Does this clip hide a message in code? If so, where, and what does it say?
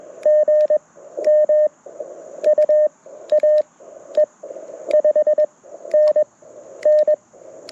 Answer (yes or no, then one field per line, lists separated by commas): yes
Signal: Morse code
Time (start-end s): 0.3-7.1 s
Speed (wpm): 21 wpm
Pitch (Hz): 590 Hz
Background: none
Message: GM UA E 5NN